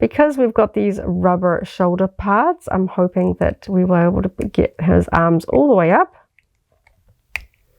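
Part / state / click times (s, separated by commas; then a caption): action figure arm in its shoulder joint / seated / 7.4 s. Someone talks for about six seconds while raising the arm of a 6-inch plastic action figure with rubber shoulder parts. After a few faint ticks, a sharp click at 7.4 s marks the ratcheted shoulder joint clicking into position as the arm seats in place.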